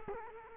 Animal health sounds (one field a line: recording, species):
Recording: mosquito wingbeat signal from an infrared sensor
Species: Culex quinquefasciatus